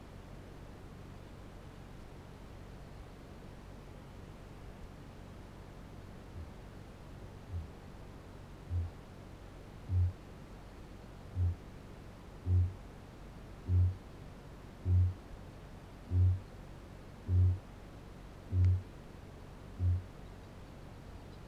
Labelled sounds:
Kākāpō boom
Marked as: faintness 4/5, faintness 2/5
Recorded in New Zealand
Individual Barnard

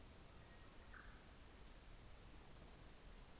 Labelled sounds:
New Zealand Fantail
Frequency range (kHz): New Zealand Fantail 6.7-7.9 kHz
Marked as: faintness 4/5
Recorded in New Zealand on 24 December 2018
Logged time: 14:50

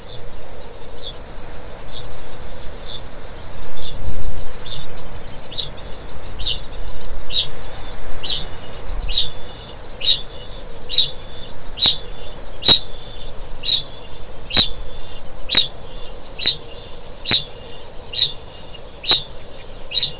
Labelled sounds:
Kākāpō ching call
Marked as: faintness 4/5, faintness 3/5
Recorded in New Zealand
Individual Stumpy

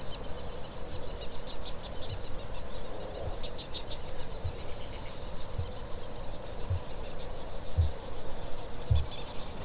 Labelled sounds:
Kākāpō boom
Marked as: faintness 5/5, faintness 3/5
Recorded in New Zealand
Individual Stumpy

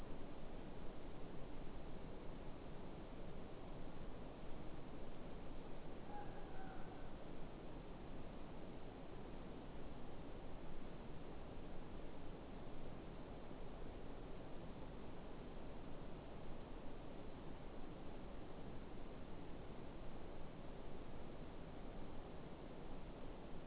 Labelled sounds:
Morepork more-pork call
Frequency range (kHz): Morepork 0.6-1.8 kHz
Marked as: faintness 3/5
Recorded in New Zealand
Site Eglinton

